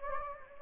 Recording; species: mosquito wingbeat signal from an infrared sensor; Anopheles gambiae